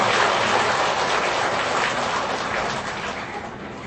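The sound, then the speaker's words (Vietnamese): A crowd of Buddhists applauds for about four seconds to honor people aged 60 and over, a dense, steady wash of clapping that holds at a fairly loud level and eases off slightly toward the end, with no voices. “Thì bây giờ tất cả các Phật tử chúng ta cho một tràng pháo tay để mừng những người tròn 60 trở lên.”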